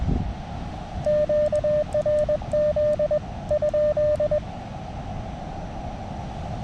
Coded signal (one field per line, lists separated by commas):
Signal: Morse code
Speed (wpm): 20 wpm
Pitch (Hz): 590 Hz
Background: radio noise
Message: QRZ ?